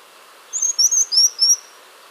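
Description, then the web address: White-winged tanager calls: several quick, very high slurred notes in about a second, over a faint background hiss. Ecuador. "Natures Songs S America Birds of Ecuador White-winged Tanager"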